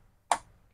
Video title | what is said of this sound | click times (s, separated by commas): UPGRADE PC 5 JUTAAN ATAU RAKIT PC 9 JUTAAN BUAT GAMING, STREAMING DAN EDITING | oke klik kan klik sekarang | 0.3 s